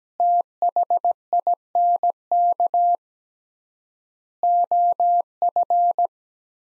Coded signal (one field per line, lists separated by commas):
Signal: Morse code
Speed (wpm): 17 wpm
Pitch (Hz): 700 Hz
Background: none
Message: THINK OF